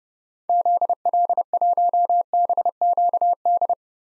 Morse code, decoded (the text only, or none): ZL1BQD